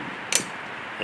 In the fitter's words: push it till it um locks into place